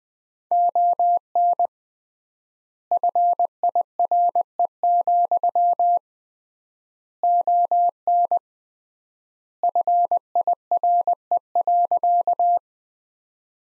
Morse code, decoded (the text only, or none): ON FIRE, ON FIRE.